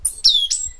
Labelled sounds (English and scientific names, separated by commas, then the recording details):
Stitchbird (Notiomystis cincta) song
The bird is a male
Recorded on Tiritiri Matangi Island, New Zealand, in 2005
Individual 10, of nest box 12